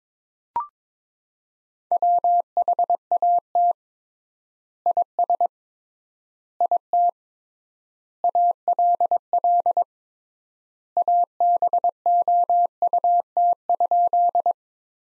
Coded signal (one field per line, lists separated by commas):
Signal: Morse code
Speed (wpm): 22 wpm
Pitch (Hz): 700 Hz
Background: none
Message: WHAT IS IT ALL ABOUT?